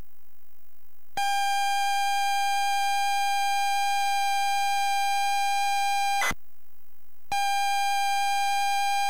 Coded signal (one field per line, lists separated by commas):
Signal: ZX Spectrum tape loading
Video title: antiriad load time compare between zx spectrum and commodore c64